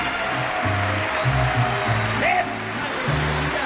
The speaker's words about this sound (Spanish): Un aplauso bien bonito para mis muchachos